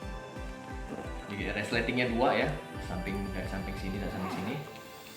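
Someone talks over background music while bringing the two zipper pulls of a polyester/nylon HiQua COMPO backpack compartment together from both sides, toward the backpack's zipper lock. Nothing has seated or clicked yet.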